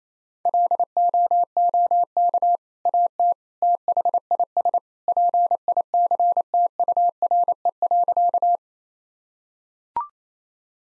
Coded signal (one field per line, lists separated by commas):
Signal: Morse code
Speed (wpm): 28 wpm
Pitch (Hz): 700 Hz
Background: none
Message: LOOK AT THIS PICTURE.